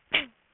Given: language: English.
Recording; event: throat vibration sensor signal played as sound; cough